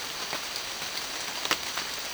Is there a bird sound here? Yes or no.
no